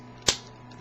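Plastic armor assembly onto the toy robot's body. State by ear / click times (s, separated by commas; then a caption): seated / 0.3 s. A plastic armor assembly on a Transformers Animated Samurai Prowl robot toy is lined up and pushed forward onto the body, snapping into place with one sharp, bright click at 0.3 seconds. A much fainter tick follows near 0.8 seconds over a low, steady hum, and the armor is seated.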